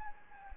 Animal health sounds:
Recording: mosquito wingbeat signal from an infrared sensor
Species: Anopheles gambiae

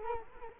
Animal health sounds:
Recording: mosquito wingbeat signal from an infrared sensor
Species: Culex quinquefasciatus

